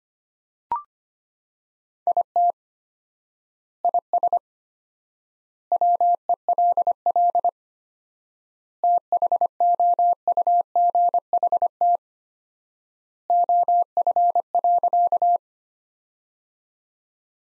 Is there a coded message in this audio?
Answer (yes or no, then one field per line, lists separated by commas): yes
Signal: Morse code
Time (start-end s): 2.1-15.4 s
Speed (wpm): 25 wpm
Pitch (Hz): 700 Hz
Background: none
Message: IT IS WELL THOUGHT OF.